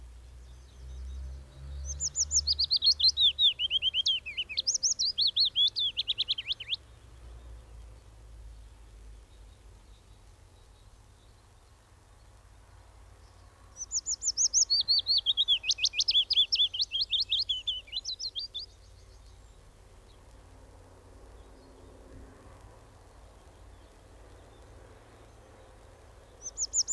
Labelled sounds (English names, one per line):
Willow Warbler song